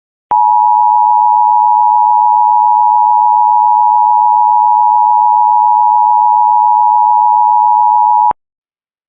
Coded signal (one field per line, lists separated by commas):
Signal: Emergency Alert System (SAME) tones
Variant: 853 and 960 Hz attention tone